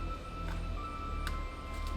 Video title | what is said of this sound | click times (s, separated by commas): How To Install a P3 Gauge - Audi B8.5 S4 | click good to go | 1.3 s